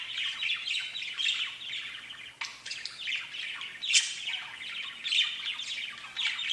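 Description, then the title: Budgerigar chatter: dense, buzzy warbling mixed with high squeaks and clicks, rising and falling in uneven bursts without a break. "Budgie Sounds"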